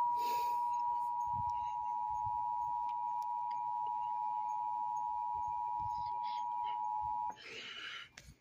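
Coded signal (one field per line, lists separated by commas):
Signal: Emergency Alert System (SAME) tones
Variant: 853 and 960 Hz attention tone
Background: speech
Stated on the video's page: Flash flood warning carried on a public television broadcaster.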